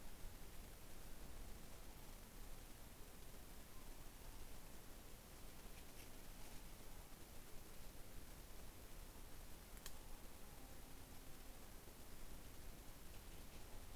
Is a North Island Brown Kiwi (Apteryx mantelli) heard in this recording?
no